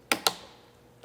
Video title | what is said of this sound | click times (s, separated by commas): The decased gaming pc of my dreams! | line it up make sure it's carefully aligned and then you just push down until you hear the clicks | 0.1 s, 0.3 s